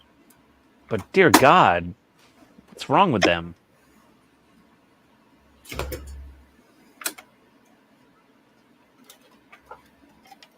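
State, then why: Partly seated. Someone talks while a plastic wheel well liner with several snap tabs is pushed into a scale-model car body. A thud is heard, then two quick small clicks at 7.0 and 7.1 seconds. The liner only seats down a little and does not go fully home.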